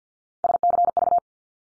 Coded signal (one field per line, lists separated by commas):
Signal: Morse code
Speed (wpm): 50 wpm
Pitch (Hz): 700 Hz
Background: none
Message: SCV